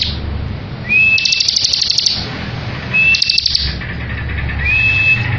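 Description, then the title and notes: Bar-winged prinia song: a thin upslurred whistle leading into a fast buzzy rattling trill, the phrase given three times about two seconds apart. Ngebren song style of the bar-winged prinia, used as a tutor recording for training white-rumped shamas. "Ciblek Ngebren Untuk Masteran Murai Batu. Suara burung ciblek - Suara Nada"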